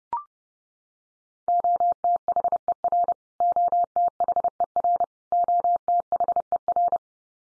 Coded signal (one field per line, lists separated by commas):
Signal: Morse code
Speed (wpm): 30 wpm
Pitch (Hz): 700 Hz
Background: none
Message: OTHER OTHER OTHER